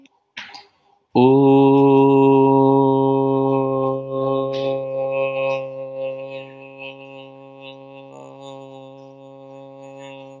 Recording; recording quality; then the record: sustained vowel as in boot; excellent, no background noise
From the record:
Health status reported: healthy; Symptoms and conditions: hypertension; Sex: male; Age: 30 years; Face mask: not worn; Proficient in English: yes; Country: India